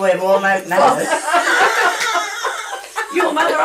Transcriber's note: general laughter